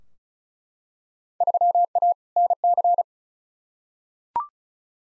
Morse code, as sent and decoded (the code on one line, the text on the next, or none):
...-- .- / -. -.-.
3A NC